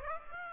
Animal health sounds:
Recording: mosquito wingbeat signal from an infrared sensor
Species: Aedes aegypti

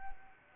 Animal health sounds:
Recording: mosquito wingbeat signal from an infrared sensor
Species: Anopheles arabiensis

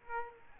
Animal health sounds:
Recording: mosquito wingbeat signal from an infrared sensor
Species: Aedes aegypti

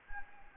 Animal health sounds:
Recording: mosquito wingbeat signal from an infrared sensor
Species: Anopheles gambiae

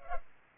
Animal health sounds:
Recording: mosquito wingbeat signal from an infrared sensor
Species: Culex pipiens

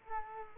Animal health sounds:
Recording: mosquito wingbeat signal from an infrared sensor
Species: Culex quinquefasciatus

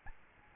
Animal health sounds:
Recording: mosquito wingbeat signal from an infrared sensor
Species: Aedes albopictus

